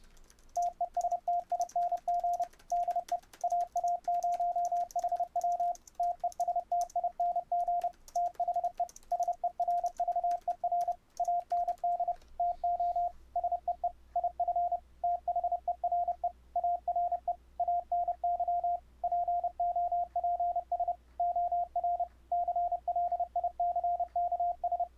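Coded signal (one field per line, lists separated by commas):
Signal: Morse code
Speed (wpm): 29 wpm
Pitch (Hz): 700 Hz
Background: radio noise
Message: TESTING DE AA0HW TESTING THE SERVER AND TO SEE IF THERE ARE ANY POPS OR CLICKS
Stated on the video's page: Morse code sent over the internet with an all-software setup on Ubuntu 12.04 using PulseAudio, fldigi and Mumble.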